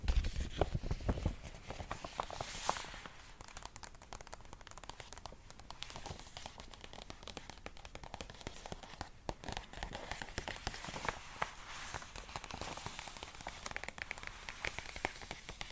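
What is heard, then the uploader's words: Acrylic nails tap in a fast, dense patter of sharp little clicks that runs steadily throughout, much like rain on a hard surface. A few heavier, duller knocks come in the first second or so, and brighter bursts stand out near three and nine seconds. ASMR Tingly Acrylic Nail Tapping.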